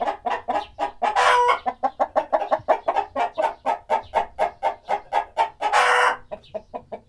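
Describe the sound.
Chicken clucks repeated several times a second, dense and rhythmic, with two brief loud raspy squawks standing out against the chatter.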